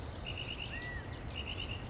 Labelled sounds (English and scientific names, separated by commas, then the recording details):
California Quail (Callipepla californica)
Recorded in Sonoma County, California